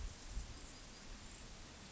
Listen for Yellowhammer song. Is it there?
no